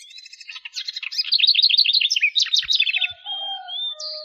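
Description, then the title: Bird song: a dense run of fast, rising-and-falling trilled notes, then softer, lower, drawn-out whistled tones and a high sustained note. "LuckyPassaros CompletosSama"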